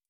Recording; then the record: hydrophone in a shrimp aquaculture tank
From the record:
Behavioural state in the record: feeding